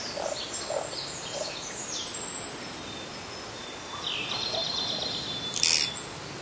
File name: pygmy woodpecker